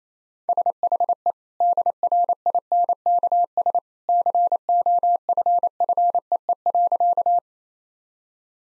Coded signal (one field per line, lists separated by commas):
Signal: Morse code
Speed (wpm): 28 wpm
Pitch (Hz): 700 Hz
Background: none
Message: SHE DRINKS COFFEE.